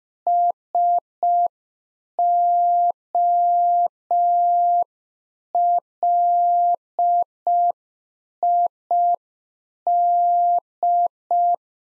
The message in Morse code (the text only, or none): SOLID